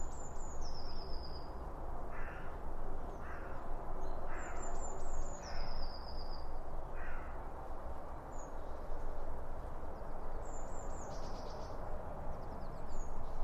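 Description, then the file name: Birds giving high whistled notes that slide downward in short series, with softer lower chirps between them, above a steady low rumble. Birds around a bird feeder, recorded with two Line Audio OM 1 microphones. "Birds Around Birdfeeding With Two Om 1 From Line Audio"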